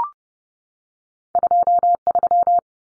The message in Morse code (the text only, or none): 23